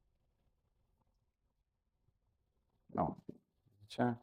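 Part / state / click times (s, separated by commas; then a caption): small internal lockwork part going into a revolver frame / not seated / none. During reassembly of a Colt 1851 Navy .44 black-powder revolver, a small internal metal lockwork part held by a screw is fitted into the revolver frame. After near silence, someone talks from about 2.9 s to the end, and nothing has seated or clicked yet. The part fails to catch as it should, so it is unscrewed to be refitted.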